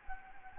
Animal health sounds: mosquito wingbeat signal from an infrared sensor; Anopheles gambiae

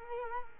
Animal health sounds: mosquito wingbeat signal from an infrared sensor; Culex quinquefasciatus

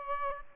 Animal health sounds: mosquito wingbeat signal from an infrared sensor; Aedes albopictus

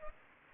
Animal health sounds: mosquito wingbeat signal from an infrared sensor; Aedes aegypti

